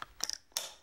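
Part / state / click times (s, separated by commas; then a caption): battery pack into the defibrillator's battery compartment / seated / 0.6 s. A battery pack is placed bottom end first into the battery compartment of an HS1 defibrillator, and its top end is pressed down. After a few light clicks and ticks, the plastic latch clicks firmly into place at 0.6 s, and the battery is seated. A bright tone follows as the device seems to beep while starting its self-test.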